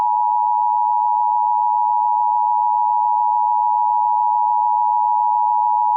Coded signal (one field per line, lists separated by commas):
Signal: Emergency Alert System (SAME) tones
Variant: 853 and 960 Hz attention tone